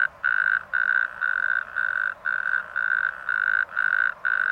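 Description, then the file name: Natterjack toad with clipped, buzzy rattles repeated about twice a second, each burst short and separated by small silences. "rugstrpad"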